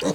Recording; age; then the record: pig call; piglet (1 to 25 days)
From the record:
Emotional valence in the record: positive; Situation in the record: after nursing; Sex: male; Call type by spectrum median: low-frequency call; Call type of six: low-frequency tonal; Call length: 0.14 s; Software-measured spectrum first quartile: 373 Hz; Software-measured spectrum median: 692 Hz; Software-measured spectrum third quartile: 3111 Hz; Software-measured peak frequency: 486 Hz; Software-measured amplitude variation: 108 dB a second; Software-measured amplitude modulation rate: 13.8 a second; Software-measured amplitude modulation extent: 7.8 dB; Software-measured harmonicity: 4.1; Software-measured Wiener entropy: -2.70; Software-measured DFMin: 797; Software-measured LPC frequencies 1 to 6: 475, 1905, 2867, 3909, 4739, 5881 Hz